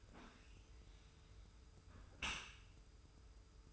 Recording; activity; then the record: daily activity, microphone in the room; close dishwasher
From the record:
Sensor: 2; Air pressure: 991.2 hPa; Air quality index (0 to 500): 144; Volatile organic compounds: 318 ppm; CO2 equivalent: 4520 ppm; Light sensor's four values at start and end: 41/118/47/45 and 41/118/47/45